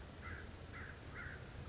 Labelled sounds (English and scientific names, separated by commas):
American Crow (Corvus brachyrhynchos)